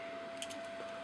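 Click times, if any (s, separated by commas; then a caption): 0.4 s. During transformation of a Bandai Tamashii Soul of Chogokin GX-54 Tobikage die-cast/plastic robot figure, one foot is pushed into its slot on the transformed body. A single short, bright tap sounds at 0.4 s over a steady background hum, with a fainter tick near 0.8 s. The foot seats in place without a hitch, even though little else on the figure locks in.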